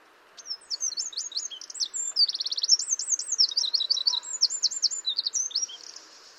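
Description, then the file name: Eurasian wren singing a long, loud, high-pitched song of quick sweeping notes, buzzy trills and repeated looping phrases, about five seconds without pause. "Troglodytes troglodytes"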